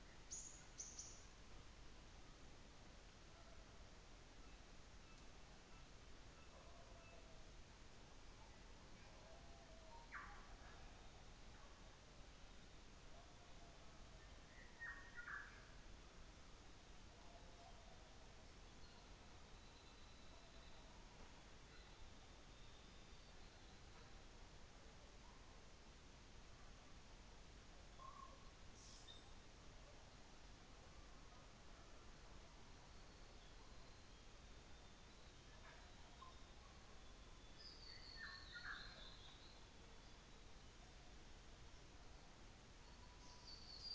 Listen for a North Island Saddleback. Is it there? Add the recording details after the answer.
yes. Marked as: faintness 4/5, faintness 5/5, faintness 3/5. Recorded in New Zealand on 24 December 2018. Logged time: 17:45